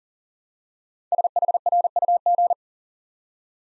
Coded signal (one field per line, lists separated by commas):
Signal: Morse code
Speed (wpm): 37 wpm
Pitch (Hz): 700 Hz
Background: none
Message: SHRUG